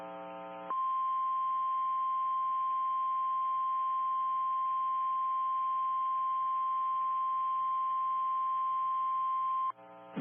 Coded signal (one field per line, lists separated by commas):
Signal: Emergency Alert System (SAME) tones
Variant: 1050 Hz attention tone